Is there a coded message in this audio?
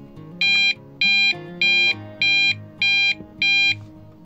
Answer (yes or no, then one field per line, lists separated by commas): no